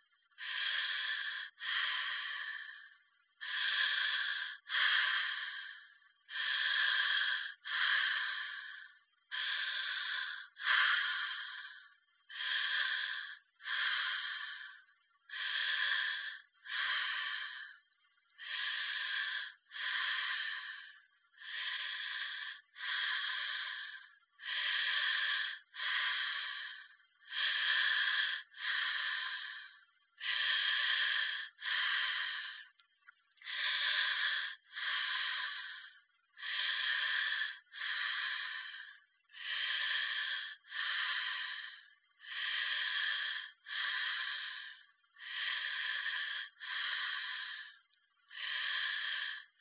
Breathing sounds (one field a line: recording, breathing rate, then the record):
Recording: paced breathing near a phone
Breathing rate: 20 breaths a minute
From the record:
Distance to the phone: 40 cm